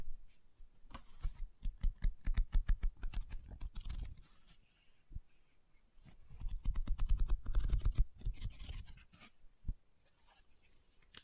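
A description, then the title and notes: Quick tapping and scratching on a book come in two dense bursts, one running from about one to four seconds and another from about six to nine. The taps are sharp and crisp with a soft thud beneath, and sparse single knocks fill the quieter gaps. Book Tapping, Scratching, Page Turning.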